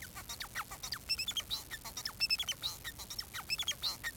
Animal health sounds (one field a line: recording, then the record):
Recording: song of a male Bengalese finch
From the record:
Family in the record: son of father 4